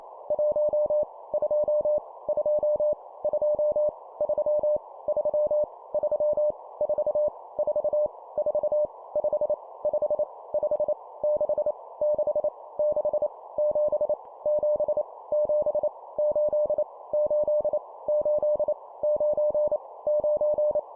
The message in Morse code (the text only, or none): 1 2 2 2 3 3 3 4 4 4 5 5 5 6 6 6 7 7 7 8 8 8 9 9